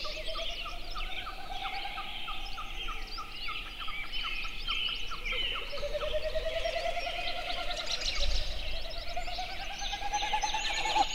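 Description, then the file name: Snipe sounding two long, rapid pulsed hooting runs that rise in pitch, while numerous songbirds chirp and whistle throughout. Recorded 21 June 2008 at 04:33. "080621-0433 snipes"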